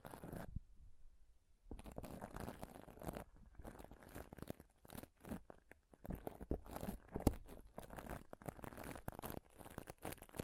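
Scratching and rubbing on a microphone, in dense crackling bursts that sound like tearing and crinkling. The scratches come in quick irregular runs with short silent gaps, a quiet stretch near the start, and a sharper tap around seven seconds.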